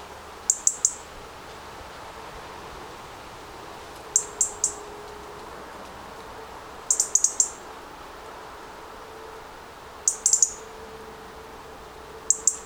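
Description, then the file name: European robin calls: quick clusters of three to five thin, high ticks, repeated roughly every three seconds against a quiet background with a faint low hum. "Erithacus rubecula"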